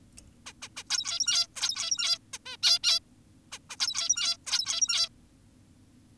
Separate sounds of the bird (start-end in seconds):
0.46-0.53, 0.62-0.69, 0.77-0.84, 0.90-1.47, 1.56-2.18, 2.34-2.38, 2.46-2.57, 2.63-2.79, 2.84-3.00, 3.52-3.59, 3.70-3.76, 3.80-4.37, 4.46-5.09